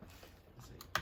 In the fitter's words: Slides right in there and clicks right in place.